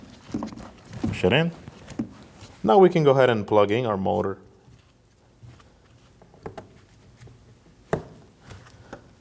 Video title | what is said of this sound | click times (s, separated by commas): How to Replace Front Power Window Regulators 2011-2016 Kia Optima | Make sure you hear a click and just give it a light tug to make sure that it is in place. | 7.9 s